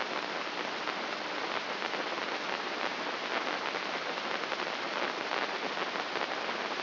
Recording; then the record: brain microelectrode recording played as sound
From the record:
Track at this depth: outside the subthalamic nucleus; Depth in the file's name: 6.429 mm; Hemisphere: left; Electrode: 3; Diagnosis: Parkinson's disease